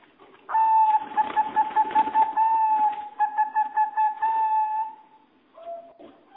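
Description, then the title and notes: Bird song: one long, level whistle lasting several seconds, overlaid with quick ticking pulses, then a short lower note after a pause. "Bird Sound. Kicau Burung Lengkap"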